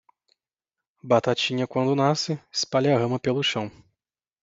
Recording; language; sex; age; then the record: short text; Brazilian Portuguese; male; 30 to 39 years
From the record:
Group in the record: control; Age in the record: 32 years